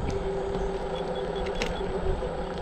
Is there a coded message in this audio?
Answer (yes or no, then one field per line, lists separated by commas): no